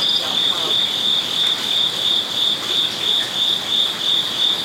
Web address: lynne publishing. crickets koipond Kyoto zen garden night Japan